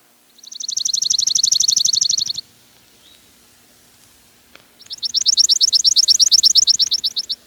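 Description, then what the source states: Chipping sparrow song: two dry, rapid, high-pitched trills of evenly repeated notes, separated by a quiet pause. Dry trill; common summer sound in Duluth; nests wherever there are spruce trees.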